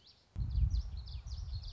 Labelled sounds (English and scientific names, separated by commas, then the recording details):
Common Yellowthroat (Geothlypis trichas)
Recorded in Sonoma County, California